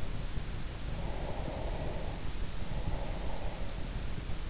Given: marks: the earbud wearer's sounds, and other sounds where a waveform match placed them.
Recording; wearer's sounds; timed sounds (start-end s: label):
sounds in sleep by an in-ear microphone; breath
1.03-3.97 s: breath